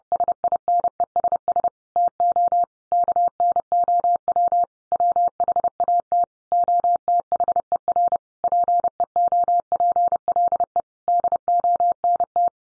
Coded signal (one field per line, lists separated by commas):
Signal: Morse code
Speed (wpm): 30 wpm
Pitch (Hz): 700 Hz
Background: none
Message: SINESS TO KNOW WHAT OTHER PEOPLE DONT